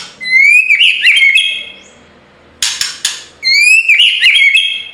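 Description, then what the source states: White-rumped shama: songbird giving two bright whistled phrases that rise into a warble, separated by a short burst of noisy clicks. Full rolling ('ngerol') and 'nembak' style song for training (masteran).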